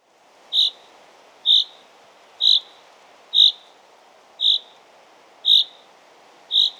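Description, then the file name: Common chaffinch calling with clipped, ringing single notes, seven of them spaced roughly a second apart, against a soft background hiss. "Fringilla coelebs"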